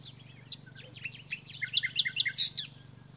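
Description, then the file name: Common nightingale song building from soft scattered notes into a loud series of sharp, rapidly repeated high notes, over a low steady hum. "Luscinia megarhynchos"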